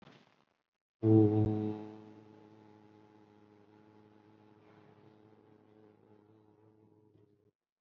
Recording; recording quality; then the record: sustained vowel as in boot; excellent, no background noise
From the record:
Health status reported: COVID-19 positive, mild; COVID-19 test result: positive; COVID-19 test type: RT-PCR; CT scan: taken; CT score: 5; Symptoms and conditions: cough, hypertension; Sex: male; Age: 38 years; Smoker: no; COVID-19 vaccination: none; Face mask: not worn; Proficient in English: yes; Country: India